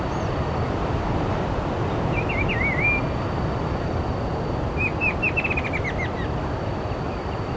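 Bird calls: a wavering whistled chirp, then a quick run of rapid descending twitters, heard over constant low background rumble.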